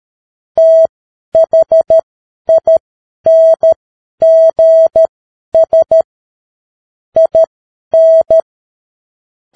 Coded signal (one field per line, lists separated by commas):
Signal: Morse code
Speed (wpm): 13 wpm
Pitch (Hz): 650 Hz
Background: none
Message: THINGS IN